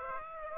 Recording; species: mosquito wingbeat signal from an infrared sensor; Aedes aegypti